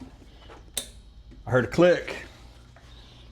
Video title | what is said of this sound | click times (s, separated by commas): I Let ChatGPT Fix This Toro Mower—It Found 3 Problems | I heard a click. | 0.8 s